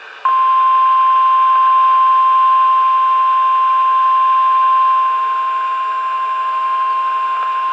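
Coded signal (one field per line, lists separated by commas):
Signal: Emergency Alert System (SAME) tones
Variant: 1050 Hz attention tone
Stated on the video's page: Tornado warnings from NOAA weather radio station KHA99.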